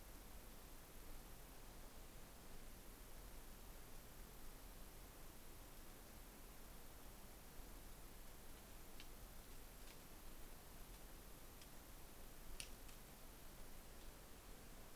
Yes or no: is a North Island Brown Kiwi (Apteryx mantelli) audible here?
no